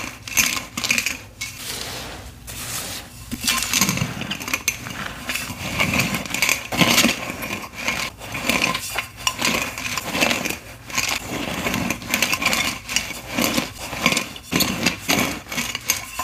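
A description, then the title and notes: Crunchy cornstarch is pressed and crushed in a dense, continuous stream of crisp crackles and squeaks, with bright gritty detail throughout. Short pauses break the crunching about every second, and heavier pressing swells appear around four, six and seven seconds. Reforming my crispy green cornstarch crunchies. Cornstarch crunchies powder ASMR, including Rolling pin crushes, pebble crushes, sifting, and so much more.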